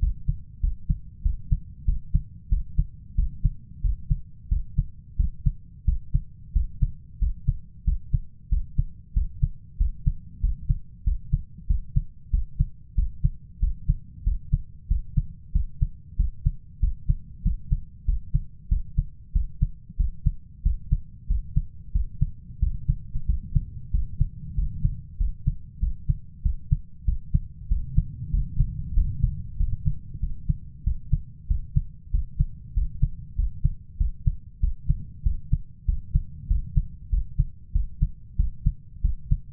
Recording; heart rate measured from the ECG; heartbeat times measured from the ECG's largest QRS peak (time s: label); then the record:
heart sounds by stethoscope; 94 bpm
0.02 s: heartbeat
0.63 s: heartbeat
1.25 s: heartbeat
1.88 s: heartbeat
2.52 s: heartbeat
3.18 s: heartbeat
3.84 s: heartbeat
4.51 s: heartbeat
5.19 s: heartbeat
5.87 s: heartbeat
6.55 s: heartbeat
7.21 s: heartbeat
7.87 s: heartbeat
8.52 s: heartbeat
9.16 s: heartbeat
9.80 s: heartbeat
10.43 s: heartbeat
11.06 s: heartbeat
11.70 s: heartbeat
12.33 s: heartbeat
12.98 s: heartbeat
13.62 s: heartbeat
14.26 s: heartbeat
14.90 s: heartbeat
15.55 s: heartbeat
16.19 s: heartbeat
16.82 s: heartbeat
17.45 s: heartbeat
18.08 s: heartbeat
18.71 s: heartbeat
19.35 s: heartbeat
19.99 s: heartbeat
20.65 s: heartbeat
21.30 s: heartbeat
21.95 s: heartbeat
22.62 s: heartbeat
23.29 s: heartbeat
23.94 s: heartbeat
24.58 s: heartbeat
25.20 s: heartbeat
25.82 s: heartbeat
26.45 s: heartbeat
27.07 s: heartbeat
27.71 s: heartbeat
28.33 s: heartbeat
28.96 s: heartbeat
29.59 s: heartbeat
30.22 s: heartbeat
30.86 s: heartbeat
31.50 s: heartbeat
32.13 s: heartbeat
32.76 s: heartbeat
33.38 s: heartbeat
34.00 s: heartbeat
34.63 s: heartbeat
35.25 s: heartbeat
35.88 s: heartbeat
36.50 s: heartbeat
37.12 s: heartbeat
37.75 s: heartbeat
38.39 s: heartbeat
39.04 s: heartbeat
From the record:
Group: healthy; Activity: rest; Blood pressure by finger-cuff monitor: 147/87 mmHg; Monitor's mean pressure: 104 mmHg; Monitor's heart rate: 95 bpm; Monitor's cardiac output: 7.5 L/min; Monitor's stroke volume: 79 mL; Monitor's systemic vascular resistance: 1010 dyn s/cm5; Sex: male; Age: 21 years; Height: 175 cm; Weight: 72.6 kg